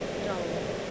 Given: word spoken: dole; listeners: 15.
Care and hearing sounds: one English word in noise, from a listening test; speech-shaped noise; -4.1 dB; 1 of 15; 6 of 15; 0.51 s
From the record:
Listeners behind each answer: 6, 2, 1, 1, 1, 1, 1, 1, 1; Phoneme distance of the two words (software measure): 10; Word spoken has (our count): 1 syllable, 3 phonemes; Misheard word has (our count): 1 syllable, 3 phonemes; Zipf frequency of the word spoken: 3.57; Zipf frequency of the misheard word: 4.04

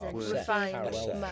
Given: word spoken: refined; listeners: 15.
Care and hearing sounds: one English word in noise, from a listening test; four-talker babble; -0.2 dB; 5 of 15; 6 of 15; 0.92 s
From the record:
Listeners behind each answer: 6, 5, 1, 1, 1, 1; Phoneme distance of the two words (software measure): 14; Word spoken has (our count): 2 syllables, 6 phonemes, stress on syllable 2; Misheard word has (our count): 1 syllable, 4 phonemes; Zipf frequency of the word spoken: 3.51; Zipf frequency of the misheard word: 5.89

